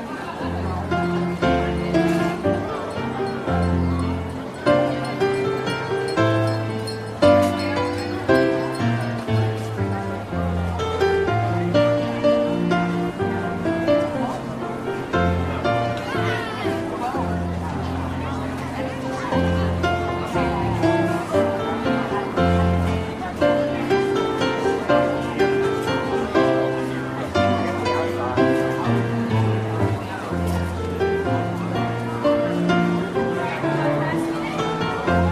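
Holiday jazz piano plays steadily for the whole stretch, with clear, flowing chords and melody lines in the low and middle range. Its loudness stays even, with gentle note attacks throughout. A low murmur of market voices runs faintly underneath.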